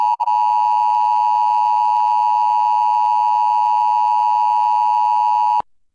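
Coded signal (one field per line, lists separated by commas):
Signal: Emergency Alert System (SAME) tones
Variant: 853 and 960 Hz attention tone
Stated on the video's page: Weekly test relayed by a Portland digital TV subchannel carrying public radio, captured from a PVR recording via a digital tuner.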